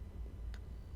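A red plastic safety clip on the fuel line quick-connect fitting at the in-line fuel filter of a 2007-10 Ford Explorer Sport Trac is pushed back down into place. A short, bright tick at 0.5 seconds rises over a steady low rumble. The clip is seated all the way in, flush with the top.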